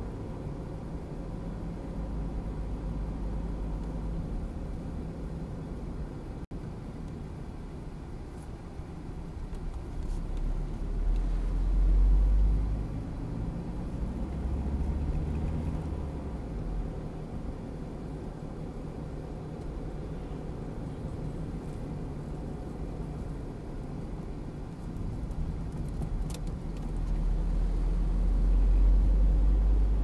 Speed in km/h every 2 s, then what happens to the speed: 38, 36, 35, 28, 21, 22, 28, 36, 41, 41, 42, 39, 32, 31, 34.
0-8 slows to 21. 10-16 speeds up to 41. 16-21 steady at about 41. 21-25 slows to 31.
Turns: none.